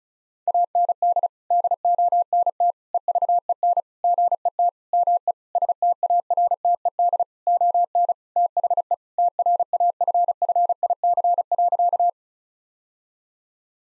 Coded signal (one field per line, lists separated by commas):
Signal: Morse code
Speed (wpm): 34 wpm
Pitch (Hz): 700 Hz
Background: none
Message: AND DONT EVEN GET ME STARTED ON THE TRAFFIC.